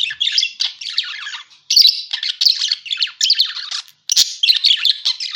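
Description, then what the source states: Parakeet chatter: a dense, continuous high warble of squeaks and chirps, broken by brief silences just before two and four seconds. Lure sound for catching birds.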